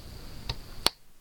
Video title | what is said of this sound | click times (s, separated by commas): How to Install RAM in a DESKTOP | I click down on that side if you | 0.9 s